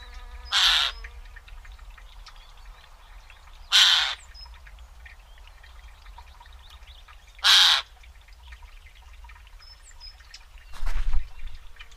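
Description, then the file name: Eurasian jay calling with loud, hoarse screeches, three spaced a few seconds apart, then a rougher, fainter rasp near the end against a low rumble. "Garrulus glandarius"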